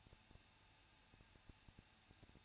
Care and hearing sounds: daily activity, microphone in the room; no activity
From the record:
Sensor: 2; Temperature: 21.0 degrees Celsius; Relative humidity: 37.5%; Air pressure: 1006.2 hPa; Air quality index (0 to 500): 224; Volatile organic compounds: 25 ppm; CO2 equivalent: 2844 ppm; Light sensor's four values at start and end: 2/3/2/2 and 2/3/2/2

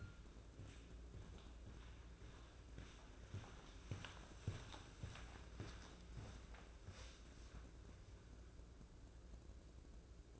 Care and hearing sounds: daily activity, microphone in the room; walk to room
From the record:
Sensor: 2

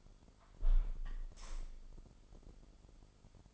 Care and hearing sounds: daily activity, microphone in the room; close window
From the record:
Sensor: 5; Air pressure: 995.8 hPa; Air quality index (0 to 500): 106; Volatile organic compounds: 8 ppm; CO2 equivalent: 2046 ppm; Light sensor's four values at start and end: 40/97/39/41 and 40/97/39/41

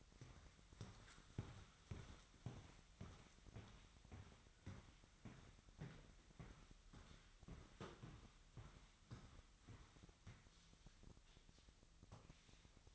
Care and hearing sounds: daily activity, microphone in the room; walk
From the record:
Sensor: 3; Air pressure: 1001.6 hPa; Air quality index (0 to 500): 226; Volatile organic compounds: 32 ppm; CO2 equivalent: 3004 ppm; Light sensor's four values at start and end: 12/38/16/14 and 12/37/16/13

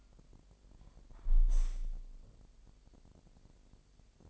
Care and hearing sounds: daily activity, microphone in the room; close window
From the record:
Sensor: 5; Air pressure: 1000.4 hPa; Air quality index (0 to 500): 248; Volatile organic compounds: 34 ppm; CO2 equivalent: 3049 ppm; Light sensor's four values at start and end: 34/78/31/29 and 34/78/31/29

